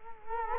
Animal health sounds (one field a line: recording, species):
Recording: mosquito wingbeat signal from an infrared sensor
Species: Culex quinquefasciatus